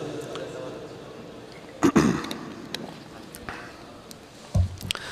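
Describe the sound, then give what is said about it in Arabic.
Someone takes a drink of water: a couple of short, wet gulping sounds with soft clicks and breaths between them, fairly quiet against a low background hum. “إذا نشرب ماء.”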